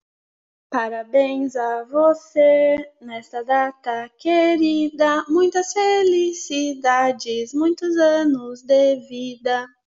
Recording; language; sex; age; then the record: short text; Brazilian Portuguese; female; 30 to 39 years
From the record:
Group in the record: control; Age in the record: 32 years